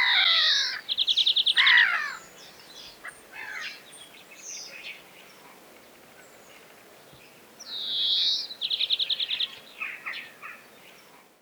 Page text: Зеленушка обыкновенная (Chloris chloris)